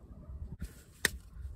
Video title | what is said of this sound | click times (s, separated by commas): DIY - 2014 Opel Corsa D 1.4: Change the F17 manual gearbox oil (transmission fluid) | ah there's the click | 1.0 s